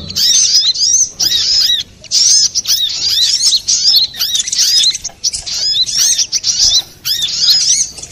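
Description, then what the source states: Little spiderhunter singing rapid bursts of sharp, high, curling chirps, broken by brief gaps. Master recording for training cage birds.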